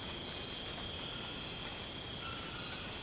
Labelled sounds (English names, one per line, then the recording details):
none
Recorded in dense forest near Puerto Asís, Putumayo, Colombia, on 24 March 2025 at 01:30
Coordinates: 0.481, -76.323
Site G088